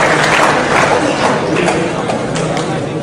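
A crowd applauds in a dense, steady wash of clapping that stays loud for about three seconds, with sharper individual claps popping out of the roar.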